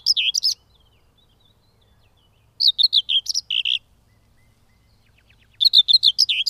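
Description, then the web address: Common whitethroat song: short scratchy warbling phrases of rapid chattering notes, three bursts about three seconds apart, otherwise quiet. "Madardalok Mezei poszáta"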